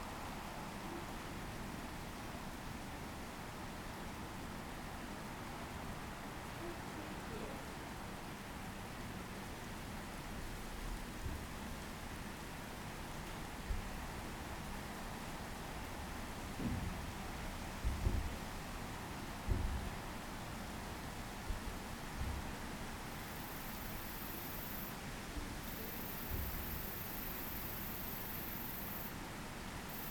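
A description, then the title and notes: Rain falls in a steady, dense hiss that barely changes across the half minute, with a low rumble running underneath. A few soft low thumps stand out around 17 to 20 seconds, and a thin high tone appears from about 23 seconds on. Rain and Distant Train in Bunnadoon, New South Wales, Australia. It's night time in the tiny village of Bunnadoon, nestled in the hills of the Southern Highlands. The rain has come, and in the far distance the haunting sound of a freight train.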